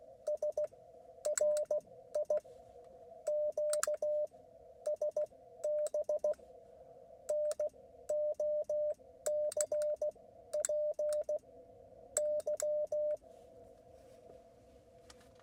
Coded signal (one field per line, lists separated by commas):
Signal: Morse code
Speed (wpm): 16 wpm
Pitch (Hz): 590 Hz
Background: none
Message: SRI QSB NO CPY